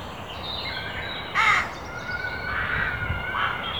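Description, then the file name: Carrion crow with one harsh, grating caw just before halfway, followed by fainter harmonic calls against background noise. "Corvus corone"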